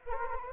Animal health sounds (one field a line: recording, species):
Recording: mosquito wingbeat signal from an infrared sensor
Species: Anopheles arabiensis